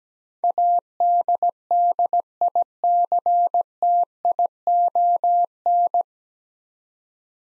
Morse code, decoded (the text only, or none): ADDICTION